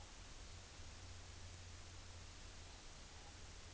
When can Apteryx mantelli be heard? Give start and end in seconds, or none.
none